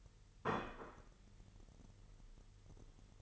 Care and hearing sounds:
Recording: daily activity, microphone in the room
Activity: place plate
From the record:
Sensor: 4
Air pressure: 989.4 hPa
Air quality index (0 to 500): 213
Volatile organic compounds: 62 ppm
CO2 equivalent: 3437 ppm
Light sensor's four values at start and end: 26/91/33/35 and 26/91/33/35

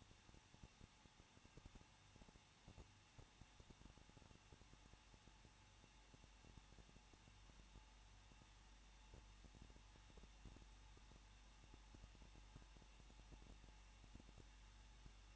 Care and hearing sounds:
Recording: daily activity, microphone in the room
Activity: no activity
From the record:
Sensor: 1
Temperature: 20.1 degrees Celsius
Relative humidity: 39.2%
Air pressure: 1006.3 hPa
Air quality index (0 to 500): 217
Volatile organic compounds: 76 ppm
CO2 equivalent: 3573 ppm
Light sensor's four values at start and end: 1/2/1/1 and 1/2/1/1

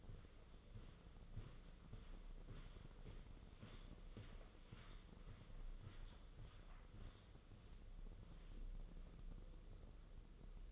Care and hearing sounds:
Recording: daily activity, microphone in the room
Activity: walk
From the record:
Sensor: 4

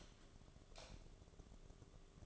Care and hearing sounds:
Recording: daily activity, microphone in the room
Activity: light off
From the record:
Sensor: 4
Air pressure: 1011.1 hPa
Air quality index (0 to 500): 145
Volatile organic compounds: 3 ppm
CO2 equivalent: 1487 ppm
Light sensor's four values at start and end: 154/403/170/177 and 153/400/169/176

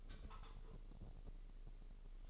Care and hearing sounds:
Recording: daily activity, microphone in the room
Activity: take from stove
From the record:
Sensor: 4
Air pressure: 996.2 hPa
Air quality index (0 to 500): 78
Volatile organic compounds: 3 ppm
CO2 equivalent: 1465 ppm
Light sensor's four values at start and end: 18/50/19/21 and 18/50/19/20

